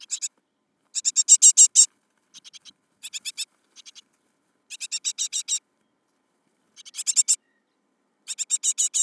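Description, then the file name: Great tit harsh, buzzy churring calls in short rapid bursts of ticking notes, repeated several times with brief pauses between bursts. "Parus major"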